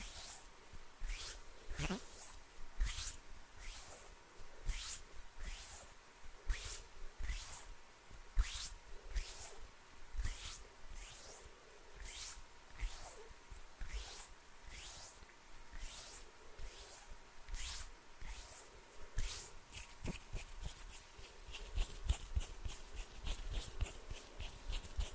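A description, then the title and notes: Hand sounds with finger fluttering: quick, soft brushing swishes repeat at a fairly regular pace, roughly two or three per second, each a short bright rustle. Over the last few seconds the strokes come faster and denser. A faint steady hum sits underneath. ASMR HAND SOUNDS NO TALKING, ASMR FINGER FLUTTERING, ASMR NO TALKING, ASMR HAND MOVEMENTS.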